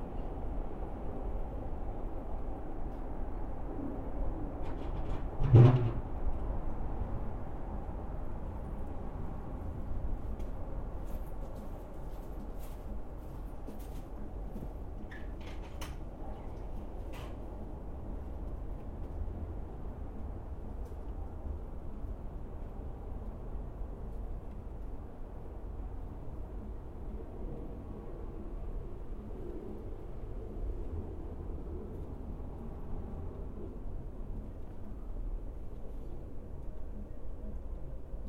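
A steady low rumble of traffic and trains fills the whole stretch, with a light wind blowing through it. A sharp knock stands out near six seconds, and a few brief, faint ticks and clicks appear between eleven and seventeen seconds.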